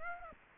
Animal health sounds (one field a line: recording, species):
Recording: mosquito wingbeat signal from an infrared sensor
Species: Aedes aegypti